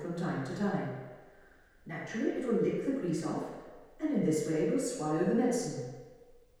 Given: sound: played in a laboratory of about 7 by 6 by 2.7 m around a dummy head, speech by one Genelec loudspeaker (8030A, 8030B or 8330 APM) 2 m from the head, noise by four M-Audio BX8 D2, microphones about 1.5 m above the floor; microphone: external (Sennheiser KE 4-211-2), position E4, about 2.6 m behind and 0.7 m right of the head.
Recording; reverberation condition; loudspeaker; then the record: female speech in English; high; in front (0 degrees)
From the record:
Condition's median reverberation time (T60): about 1300 ms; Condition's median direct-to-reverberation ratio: about -4.0 dB